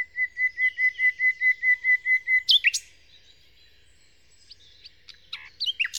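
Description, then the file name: Common nightingale song: a run of clear, evenly spaced piping notes at one pitch, followed by a sharp flourish and scattered high notes. Nightingale song in Kent, 2008. "nightingale-song-recorded-in-kent-2008-by-phil-riddett"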